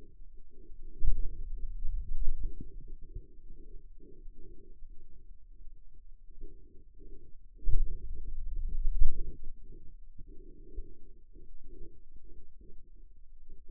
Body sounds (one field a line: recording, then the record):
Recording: forearm muscle sounds (acoustic myography)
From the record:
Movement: finger pinch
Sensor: system 2, bracelet of six BSWA MPA416 microphones around the upper forearm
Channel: 5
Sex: male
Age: 22 years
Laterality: right